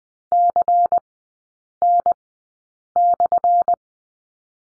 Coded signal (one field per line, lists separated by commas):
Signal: Morse code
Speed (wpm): 20 wpm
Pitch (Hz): 700 Hz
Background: none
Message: CN/